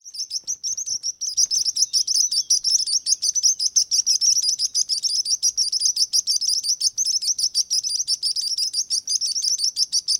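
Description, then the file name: Sparrow: a steady, busy twittering of many overlapping high chirps. "Sparrow singing"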